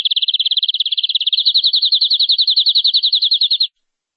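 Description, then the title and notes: Canary song: a very fast high trill that shifts partway into a slightly slower, more spaced run of repeated notes. "BM Suara Kenari. BM Suara Burung Kenari"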